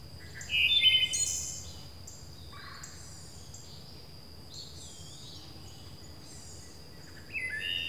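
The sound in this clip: Bird calls in quick high chirps, an energetic cluster in the first seconds, scattered softer notes, and fresh chirping at the end, with a steady high whine behind.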